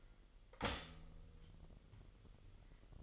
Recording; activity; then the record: daily activity, microphone in the room; stop toaster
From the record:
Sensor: 4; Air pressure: 1002.9 hPa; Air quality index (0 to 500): 241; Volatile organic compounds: 18 ppm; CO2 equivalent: 2620 ppm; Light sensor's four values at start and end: 20/68/25/25 and 20/67/25/24